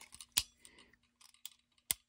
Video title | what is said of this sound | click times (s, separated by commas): Ruger Wrangler Review | and here click now it's ready | 1.9 s